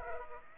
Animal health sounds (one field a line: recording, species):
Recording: mosquito wingbeat signal from an infrared sensor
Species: Aedes aegypti